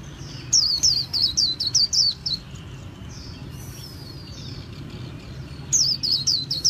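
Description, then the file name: White-eye song: short runs of high sliding chirps over a steady low hum, a long gap with faint sounds, then another quick burst at the end. Song style called 'líu' in Vietnamese. "tieng khuyen liu"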